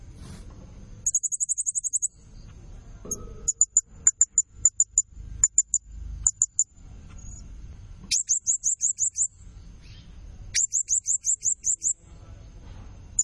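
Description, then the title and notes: Blue-crowned hanging parrot producing a short high trill, then spaced single squeaky notes, followed by two more rapid runs of shrill notes; low background rumble. Serindit calling persistently (gacor, nembak), used as lure and tutor sound (pemikat, nasteran) to excite and attract other birds. "Burung Serindit Nembak Gacor Bikin Emosi Semua Burung. Suara Nasteran Dan Pemikat Burung Serinditan Gacor"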